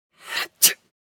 Sneeze.